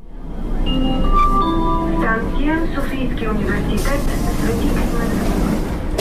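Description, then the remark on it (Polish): A metro train rumbles steadily through the Sofia University underground metro station in Bulgaria, with low mechanical drone and shifting tonal whines as it moves, while voices murmur in the background. “Dojechaliśmy na stację metra Uniwersytet Sofijski.”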